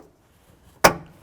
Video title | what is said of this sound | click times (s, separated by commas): How To Replace Tail Light Assembly 2008-2013 Nissan Rogue | listen for a click give it a tug | 0.8 s